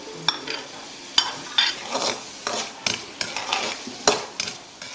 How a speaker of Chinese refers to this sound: 将切好的丁焯水，捞出，放入油锅中爆炒。